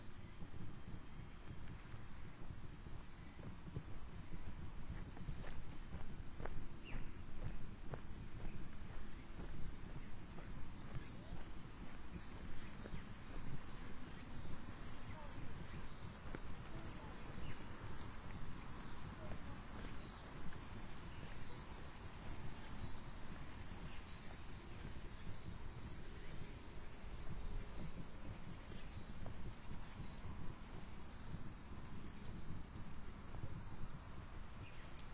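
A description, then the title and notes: A walk outdoors at midday, with a steady low rumble of traffic filling the background throughout. Faint footsteps and scattered small clicks recur along the way, and a thin high tone hangs steadily over the scene, with occasional murmurs of voices. 27℃ 多云天的午间散步. Noon Break Walking On A Cloudy Day.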